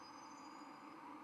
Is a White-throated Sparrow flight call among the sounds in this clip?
no